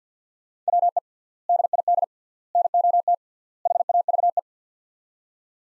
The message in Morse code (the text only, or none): WE DID NOT HAVE